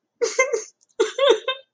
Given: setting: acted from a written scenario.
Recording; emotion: vocal sound without words; sadness